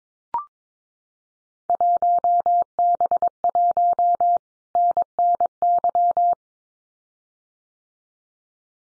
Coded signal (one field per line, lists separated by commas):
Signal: Morse code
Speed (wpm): 22 wpm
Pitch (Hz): 700 Hz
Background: none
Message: 1B1 NNY